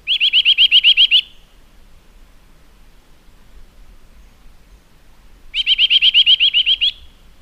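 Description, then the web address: Eurasian nuthatch giving two fast series of about ten clear, upslurred whistled notes, each series lasting just over a second, with a quiet pause of four seconds between them. "agykontroll Madardalok Cd 1. Csuszka"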